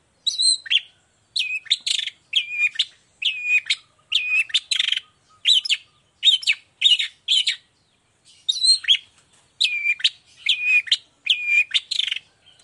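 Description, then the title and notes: Long-tailed shrike song: bursts of scratchy chattering with whistled down-slurred notes, repeated in quick groups separated by short silences. Cendet singing gacor (nonstop) in the morning with 'toet toet' voice variations; offered as a clear, varied song for other cendet to imitate. "Cendet Gacor Dor Di Kala Pagi Toet Toet Variasi Suara. Efektif Cendet Gacor Suara Jernih Full Variasi Sangat Mudah Di Tiru Cendet Jenis Apapun. Burung cendet"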